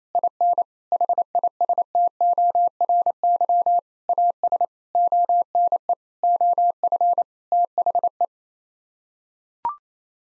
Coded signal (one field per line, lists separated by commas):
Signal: Morse code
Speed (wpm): 28 wpm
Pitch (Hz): 700 Hz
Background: none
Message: IN HISTORY AS ONE OF THE